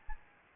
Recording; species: mosquito wingbeat signal from an infrared sensor; Aedes albopictus